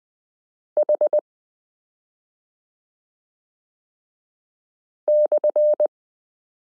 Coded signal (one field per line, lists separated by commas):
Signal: Morse code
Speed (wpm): 20 wpm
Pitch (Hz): 600 Hz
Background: none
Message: H /